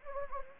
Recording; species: mosquito wingbeat signal from an infrared sensor; Anopheles gambiae